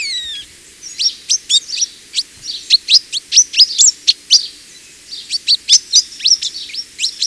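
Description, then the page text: Pin-tailed whydah song: rapid, sharp high twittering notes, short downslurred chips repeated in quick bursts with brief pauses. Song described as a prolonged twittering. "Pin-tailed Whydah. Audio 2 (M. Oberle)"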